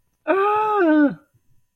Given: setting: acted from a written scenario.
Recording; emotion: vocal sound without words; distress